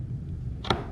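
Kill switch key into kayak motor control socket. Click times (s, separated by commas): 0.7 s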